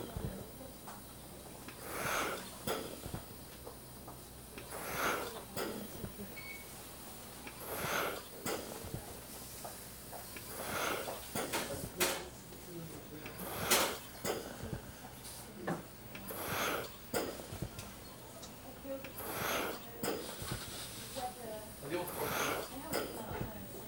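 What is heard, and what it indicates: A hospital ventilator cycling at about 20 breaths per minute, with rhythmic whooshing bursts and faint clicks in a small room.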